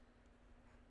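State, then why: Not seated. The threaded steel magazine cap fitting on a Winchester Model 71 lever-action rifle is being turned so its nose will drop into a small notch in the barrel. Only a faint, steady low hum and soft handling noise are heard, with no distinct impact. Nothing has seated or clicked yet.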